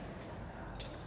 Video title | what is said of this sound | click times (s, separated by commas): Canine castration model | and then bring it forward until we hear the sort of click and so we're in | 0.8 s